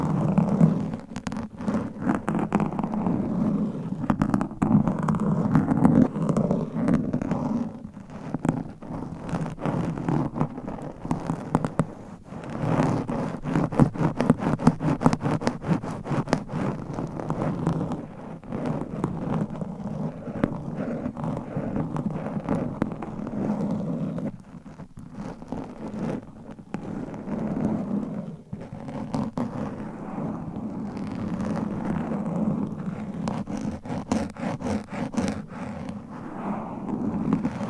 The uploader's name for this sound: ASMR Mic Scratching - Brain Scratching with Claws